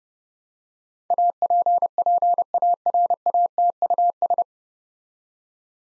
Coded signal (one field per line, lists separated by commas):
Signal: Morse code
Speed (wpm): 30 wpm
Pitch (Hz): 700 Hz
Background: none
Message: APPARATUS